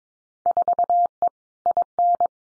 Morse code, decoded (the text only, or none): 4E IN